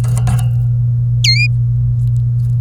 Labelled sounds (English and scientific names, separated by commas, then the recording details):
Domestic Canary (Serinus canaria) song
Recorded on 24 April 2018 at 07:05
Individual llb3